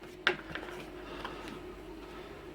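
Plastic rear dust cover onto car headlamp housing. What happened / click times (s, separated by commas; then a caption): The plastic cover snapped home with two clicks / 0.3 s. A plastic rear dust cover is refitted onto a Ford Mondeo headlamp housing over a new HID bulb to seal it, squeezed in a bear hug and pushed down. A sharp click lands at 0.3 s, followed by a weaker click around 0.6 s against a low background hum, and the cover seats with two clicks.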